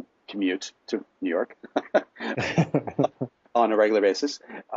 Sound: laughter